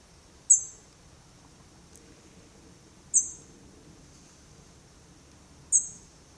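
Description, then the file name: European robin giving thin, very high, sharply falling calls, three in all, about two and a half seconds apart over quiet background. "Erithacus rubecula"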